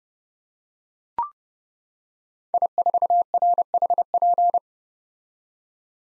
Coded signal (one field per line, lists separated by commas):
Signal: Morse code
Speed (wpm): 30 wpm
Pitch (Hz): 700 Hz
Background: none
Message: I4RHP